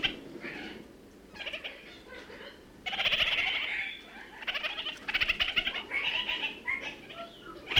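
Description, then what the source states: Red-crowned parakeet chatter: quieter nasal notes at first, then a sustained loud stretch of rapid chattering and rattles continuing to the end. New Zealand.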